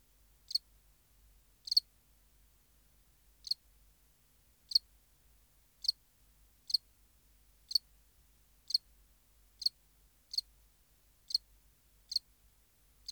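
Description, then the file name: House cricket giving sharp high chirps spaced about a second apart, with a faint low hum underneath. "Acheta domesticus"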